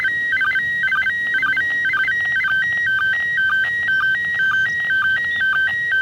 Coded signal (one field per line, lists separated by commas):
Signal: SSTV (slow-scan television)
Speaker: signal here for another 30 seconds. All right, there it is.